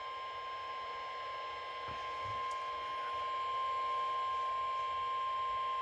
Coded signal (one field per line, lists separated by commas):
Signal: Emergency Alert System (SAME) tones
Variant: 1050 Hz attention tone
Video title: Severe Thunderstorm Warning (EAS #58)